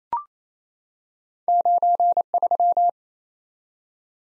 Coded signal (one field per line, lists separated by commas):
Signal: Morse code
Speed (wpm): 28 wpm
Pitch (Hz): 700 Hz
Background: none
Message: 93